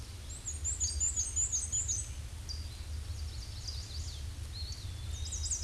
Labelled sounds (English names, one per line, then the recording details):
Black-and-white Warbler song
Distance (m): 20 m
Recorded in a Pennsylvania forest on 18 May 2023 at 06:50
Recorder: AudioMoth, point grid1_9_low
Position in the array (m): 63 m, 83 m